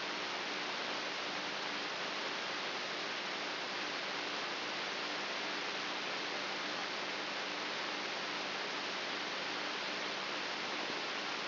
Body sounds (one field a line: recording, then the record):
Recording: brain microelectrode recording played as sound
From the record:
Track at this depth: inside the subthalamic nucleus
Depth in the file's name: 3.64 mm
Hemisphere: right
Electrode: 3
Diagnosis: Parkinson's disease